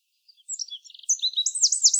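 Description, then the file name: Eurasian wren song fragment, a burst of shrill, quick notes building into fast repeated down-slurred trills, very high and energetic. "Troglodytes troglodytes"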